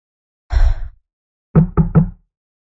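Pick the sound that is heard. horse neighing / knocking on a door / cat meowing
knocking on a door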